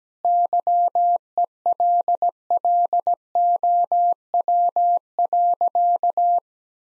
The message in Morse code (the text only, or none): YELLOW.